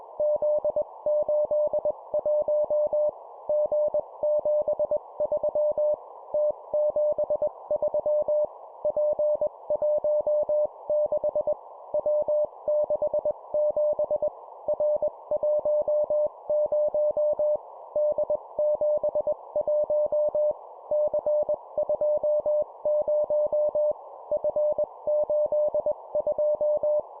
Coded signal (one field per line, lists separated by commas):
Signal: Morse code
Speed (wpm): 21 wpm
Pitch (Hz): 600 Hz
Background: none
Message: Z81 G73 T73 P16 W67 R10 D71 C20 F82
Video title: 20wpm Three letter words letter,number,number, morse code practice